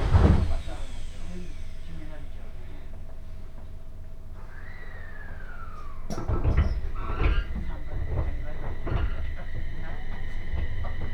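A train ride on the Tohoku Main Line between Koriyama and Fukushima, with a steady low rumble throughout. A loud knock opens, then a whining tone slides downward around the middle, followed by clattering knocks and thin sustained tones over the last few seconds.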